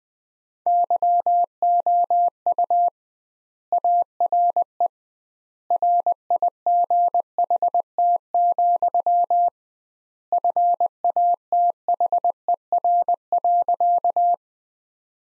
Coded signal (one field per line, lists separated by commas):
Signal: Morse code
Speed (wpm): 20 wpm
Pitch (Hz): 700 Hz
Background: none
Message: YOU ARE RIGHT, FATHER.